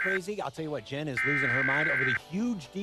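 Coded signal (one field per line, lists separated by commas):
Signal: Emergency Alert System (SAME) tones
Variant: header bursts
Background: speech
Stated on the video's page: National Periodic Test relayed strictly by broadcast TV and AM radio stations, not mobile devices.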